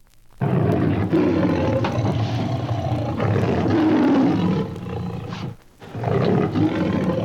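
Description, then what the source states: Lion giving a long, low, rasping growl that holds steady for about five seconds, breaks off briefly, then resumes. Lion described as restless.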